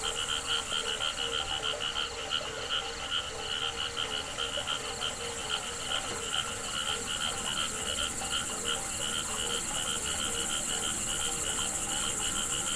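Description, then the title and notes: Frogs giving continuous rhythmic croaks in an overlapping chorus, with a shrill steady insect buzz above. Frogs calling with crickets at a pond on the Hajnice stream near Ústí, Czechia. "Ústí, Czechia - žáby a cvrčci Hajnice. žáby a cvrčci u hodní tůně na potoce Hajnice"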